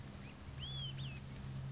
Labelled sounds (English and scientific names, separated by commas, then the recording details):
Olive-sided Flycatcher (Contopus cooperi)
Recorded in Sonoma County, California